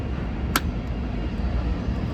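The hood of a 1991 Alfa Romeo Spider Veloce is pushed down until its latch catches, giving a single sharp, loud click at 0.6 s over a steady low rumble. The hood latches shut and is seated.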